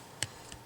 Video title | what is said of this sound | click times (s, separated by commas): Folding Micro Drone! Fits In The Transmitter!!! | just a little click | 0.2 s